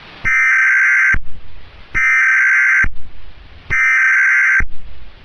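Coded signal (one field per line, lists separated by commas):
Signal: Emergency Alert System (SAME) tones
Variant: header bursts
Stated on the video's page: EAS tones in a fictional train derailment scenario, stated to be fake but containing valid tones.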